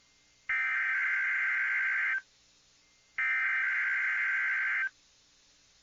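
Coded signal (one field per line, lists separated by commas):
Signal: Emergency Alert System (SAME) tones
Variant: header bursts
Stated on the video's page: Florida tornado drill alerts and EAS tests.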